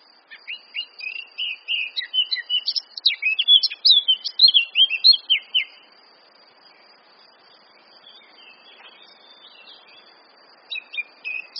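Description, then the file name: Eurasian blackcap song: a fast twittering warble building into louder fluty phrases, then a long quiet gap before a few notes return near the end. "Sylvia atricapilla"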